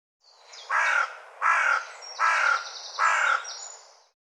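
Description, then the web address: Bird calling with four harsh, raspy, caw-like notes spaced under a second apart, each rough and broad-toned over a faint hiss. "cianscape birddata Deverinetal 2025 File cleaned normalized Bird"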